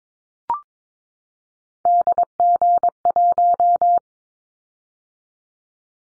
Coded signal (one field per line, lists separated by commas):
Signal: Morse code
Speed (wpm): 22 wpm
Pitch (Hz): 700 Hz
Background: none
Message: DG1